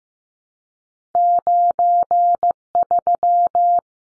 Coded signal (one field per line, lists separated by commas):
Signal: Morse code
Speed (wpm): 15 wpm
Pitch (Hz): 700 Hz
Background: none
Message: 93